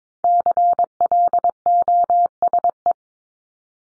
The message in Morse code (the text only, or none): CLOSE